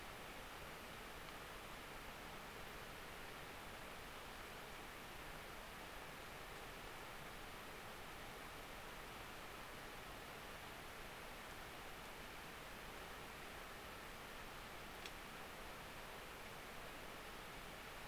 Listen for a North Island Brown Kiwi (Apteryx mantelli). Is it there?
no